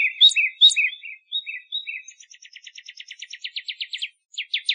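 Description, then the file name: Northern cardinal: slurred whistled phrases give way to a long trill of sharp downslurred notes, ending after a short break in a few louder notes. Recorded in Arizona. "NOCA 5 Deviche"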